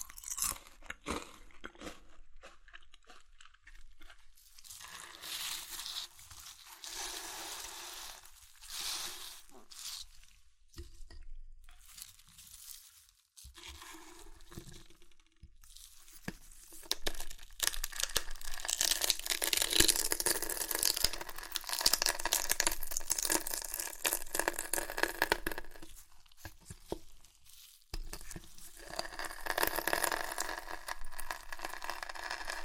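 Crunchy chips are crushed and eaten in irregular bursts of crackling and crumbling, with short quiet gaps between handfuls. The crunching grows louder and denser after about fifteen seconds, staying bright and crisp, with brief chewing pauses near twenty-seven seconds.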